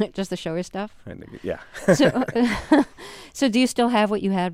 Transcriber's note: soundbite of laughter